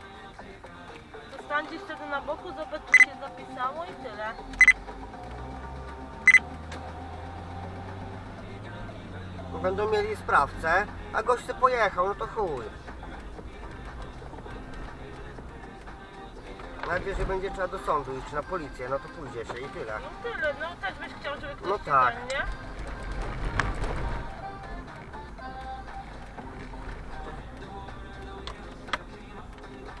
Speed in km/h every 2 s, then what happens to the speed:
3, 0, 0, 19, 31, 39, 41, 42, 40, 34, 25, 24, 28, 28, 28.
1-4 standing. 4-13 pulls away to 42. 13-20 slows to 25. 20-30 steady at about 28.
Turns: 18-30.